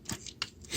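A fiddly plastic chest panel, which becomes the cockpit in helicopter mode, is pushed into the torso of a Transformers Siege Springer transforming robot toy. Soft plastic rubbing and small clicks lead to a sharp snap at 0.4 s as the panel seats into place.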